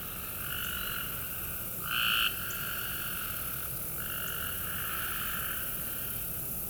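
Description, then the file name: Cope's gray treefrogs calling in a chorus of buzzy trills, with one louder short trill, over a constant hiss. Several Cope's gray treefrogs recorded in Maryland on 23 June 2010. "Copes Gray Treefrogs Ha MD 20100623"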